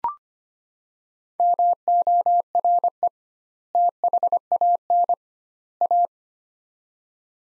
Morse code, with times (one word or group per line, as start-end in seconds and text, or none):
1.4-3.1 MORE
3.7-5.1 THAN
5.8-6.1 A